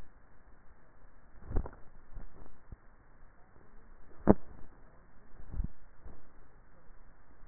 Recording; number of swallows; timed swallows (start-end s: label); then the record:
swallowing sounds by neck microphone; 2
1.38-2.35 s: swallow
5.48-6.15 s: swallow
From the record:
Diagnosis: dysphagia